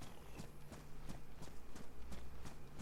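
Disturbed warthogs running, their hooves making a quick, uneven patter of soft thuds over a steady low hum, with no voices.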